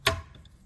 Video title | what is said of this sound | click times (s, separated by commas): Lab Videos - Plate and Frame Heat Exchanger | wait for the click sound, TI3. | 0.1 s